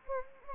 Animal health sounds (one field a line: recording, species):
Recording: mosquito wingbeat signal from an infrared sensor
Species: Anopheles gambiae